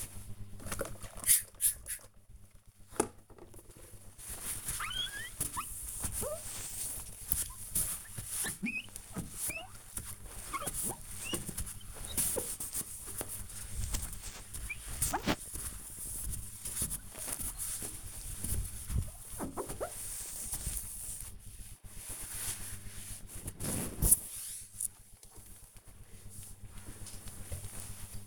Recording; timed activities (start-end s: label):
household activities, microphone on the right wrist
0.00-23.13 s: window cleaning